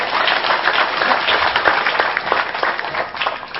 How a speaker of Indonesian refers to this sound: Sekali lagi tepuk tangan untuk teman-teman ….